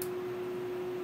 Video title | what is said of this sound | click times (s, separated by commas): Schlage Deadbolt Rekeyed | there's one click | 0.0 s